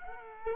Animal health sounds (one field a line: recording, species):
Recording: mosquito wingbeat signal from an infrared sensor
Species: Culex quinquefasciatus